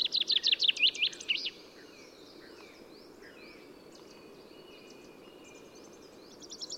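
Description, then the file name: Common chaffinch song phrase ending in a bright tumbling flourish, then quieter birdsong in the background before another rapid trill begins. "Fringilla coelebs"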